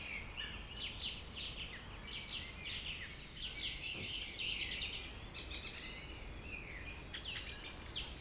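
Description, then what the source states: A chorus of birds gives dense overlapping chirps and warbles throughout, over a continuous low background noise. Evening village birds singing in Tregastel bourg, Pleumeur-Bodou, France, around 8 pm, humid weather, April 2019; MKH 8040 ORTF pair in Rycote ORTF, Zoom H5 recorder.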